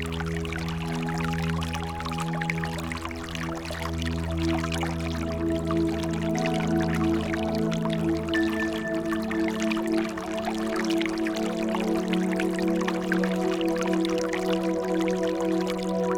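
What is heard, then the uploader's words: A clear stream runs steadily, its water trickling and pouring in a dense, constant rush with small splashes and drips throughout. Underneath sits a low, steady hum with sustained tones that shift slightly around the middle, like an engine or motor. Crystal Clear Water Stream.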